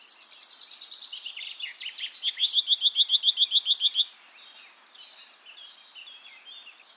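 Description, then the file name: Great tit chattering call: soft twittering builds into a rapid, rattling burst of repeated notes lasting about two seconds, then quieter chirps continue. "Parus major"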